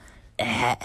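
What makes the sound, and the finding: Man. Cough.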